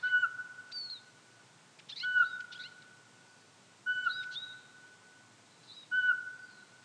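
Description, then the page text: Eurasian pygmy owl repeating a mellow single-pitched whistle roughly every two seconds, four notes in all, with faint chirps in the background. "Jelmer Poelstra - Воробьиный сычик (Glaucidium passerinum)"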